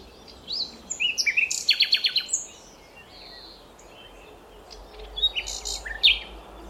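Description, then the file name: Common nightingale song opening with loud varied whistles and a quick series of repeated clipped notes, followed after a pause by a phrase of high slurred whistles. "Luscinia megarhynchos"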